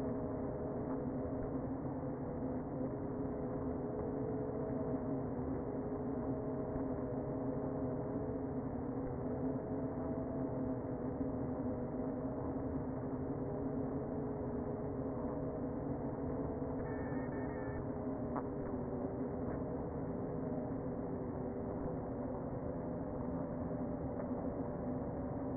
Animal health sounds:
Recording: honeybee colony, microphone inside the hive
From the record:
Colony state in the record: queen present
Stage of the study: before two queens were removed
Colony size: about 60,000 bees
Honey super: yes

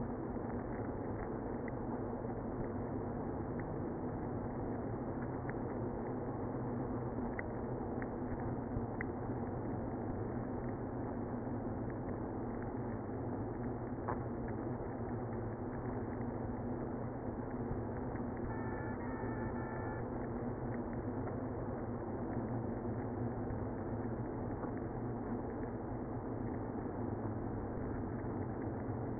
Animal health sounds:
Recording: honeybee colony, microphone inside the hive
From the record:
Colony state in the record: queenless (queen removed)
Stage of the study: after two queens were removed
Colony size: about 60,000 bees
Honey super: yes

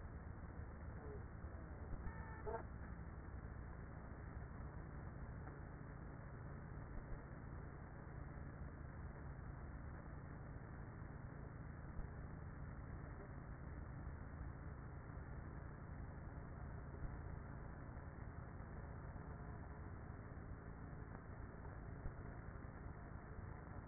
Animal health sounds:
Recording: honeybee colony, microphone inside the hive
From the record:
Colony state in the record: queenless with a low population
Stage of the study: after two queens were removed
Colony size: about 30,000 bees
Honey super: no

